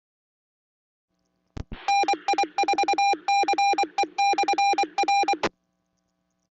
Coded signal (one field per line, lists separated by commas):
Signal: Morse code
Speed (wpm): 24 wpm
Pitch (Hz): 800 Hz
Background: none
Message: NI4CE/R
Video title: 🔴LIVE Florida's Amateur Radio Repeaters Using QueCast, Never Miss a Thing!